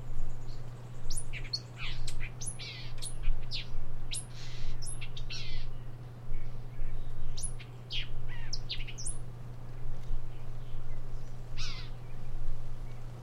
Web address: songs Thick billed Vireo